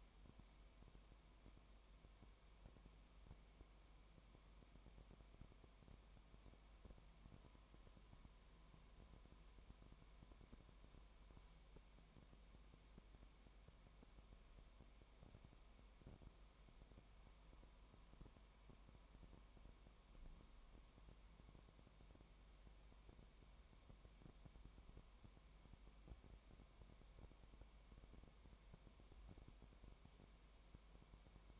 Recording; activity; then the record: daily activity, microphone in the room; no activity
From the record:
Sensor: 1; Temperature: 19.1 degrees Celsius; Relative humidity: 34.1%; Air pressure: 1001.3 hPa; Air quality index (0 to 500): 82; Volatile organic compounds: 1 ppm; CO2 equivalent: 822 ppm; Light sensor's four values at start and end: 1/2/1/1 and 1/2/1/1